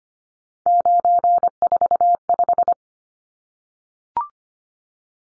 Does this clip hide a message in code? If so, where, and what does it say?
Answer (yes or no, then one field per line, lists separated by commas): yes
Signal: Morse code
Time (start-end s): 0.7-2.7 s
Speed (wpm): 25 wpm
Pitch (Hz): 700 Hz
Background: none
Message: 945